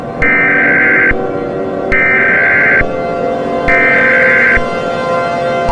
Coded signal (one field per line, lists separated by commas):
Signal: Emergency Alert System (SAME) tones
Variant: header bursts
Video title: Eas Scenario Attack of￼￼ fnas